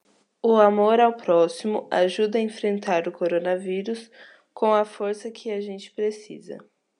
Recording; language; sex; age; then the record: spoken sentence; Brazilian Portuguese; female; 20 to 29 years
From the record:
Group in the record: control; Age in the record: 21 years